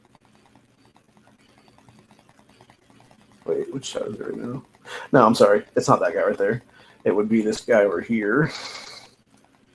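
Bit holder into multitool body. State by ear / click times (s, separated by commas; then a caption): not seated / none. Someone talks while handling a multitool, its bit holder about to be swung until it pops into place in the tool body so bits can be swapped. Faint small ticks and handling noises sit under the speech. The clip ends before the part goes home, and nothing has seated or clicked yet.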